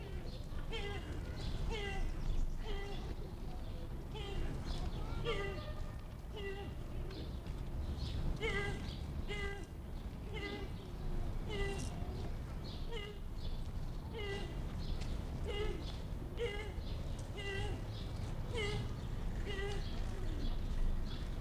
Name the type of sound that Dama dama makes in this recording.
call